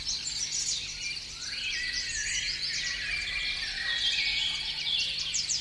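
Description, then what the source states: Birds chorus in a steady wash of high, overlapping chirps and trills, with no single singer standing out from the mass. Morning.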